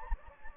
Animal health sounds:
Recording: mosquito wingbeat signal from an infrared sensor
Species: Anopheles gambiae

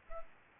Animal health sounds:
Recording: mosquito wingbeat signal from an infrared sensor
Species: Aedes albopictus

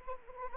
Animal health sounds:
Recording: mosquito wingbeat signal from an infrared sensor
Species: Anopheles arabiensis

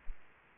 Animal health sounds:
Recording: mosquito wingbeat signal from an infrared sensor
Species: Aedes aegypti

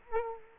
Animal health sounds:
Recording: mosquito wingbeat signal from an infrared sensor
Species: Culex quinquefasciatus

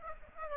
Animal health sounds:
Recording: mosquito wingbeat signal from an infrared sensor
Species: Aedes aegypti

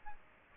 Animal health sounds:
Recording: mosquito wingbeat signal from an infrared sensor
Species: Aedes aegypti

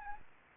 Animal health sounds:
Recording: mosquito wingbeat signal from an infrared sensor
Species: Anopheles arabiensis

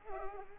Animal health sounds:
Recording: mosquito wingbeat signal from an infrared sensor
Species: Culex pipiens

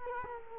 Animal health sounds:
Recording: mosquito wingbeat signal from an infrared sensor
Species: Culex quinquefasciatus

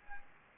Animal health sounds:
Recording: mosquito wingbeat signal from an infrared sensor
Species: Anopheles gambiae

